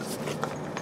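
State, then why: Not seated. After the wiring is replaced on a 1951 Lanchester LD10, a component, possibly a trim or cover piece, is pushed back toward its mounting on the car. Low handling noise and rustling are heard, with one brief sharp knock at 0.4 s. Nothing has seated or clicked into place yet.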